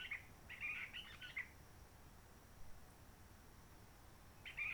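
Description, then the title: Réunion bulbul song: a run of short, chattering warbled notes lasting about a second, then quiet, then a new phrase starting at the end; soft steady background hiss. Roche Merveilleuse, Réunion; forest quiet since 19 March 2020 lockdown, no people, microlights or helicopters; sunny blue sky; birds not very active; sings simpler, short phrases adapted to noise pollution. "Roche Merveilleuse, Réunion - Merle de lîle de la Réunion."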